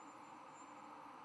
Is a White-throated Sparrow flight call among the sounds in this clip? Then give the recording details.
no. No flight call is heard. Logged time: 11:02 on 11 November 2014